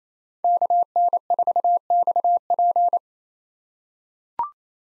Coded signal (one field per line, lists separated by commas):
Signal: Morse code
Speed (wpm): 28 wpm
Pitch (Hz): 700 Hz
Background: none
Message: KN4XP